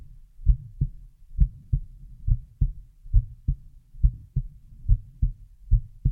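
A close-up adult heartbeat, heard alone with no other sounds: paired lub-dub beats repeating steadily at about 68 per minute, deep and low-pitched.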